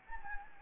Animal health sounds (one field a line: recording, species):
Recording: mosquito wingbeat signal from an infrared sensor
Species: Anopheles gambiae